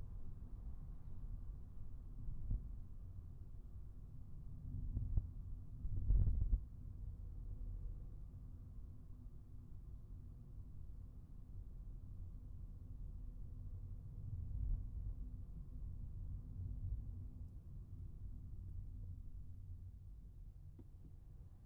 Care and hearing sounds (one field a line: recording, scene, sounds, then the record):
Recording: everyday scene through a hearing-aid microphone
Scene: in a vehicle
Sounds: engine, traffic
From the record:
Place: Skoda Fabia, gasoline engine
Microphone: behind the ear, right, rear